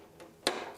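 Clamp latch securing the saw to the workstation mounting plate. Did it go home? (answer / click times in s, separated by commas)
yes / 0.5 s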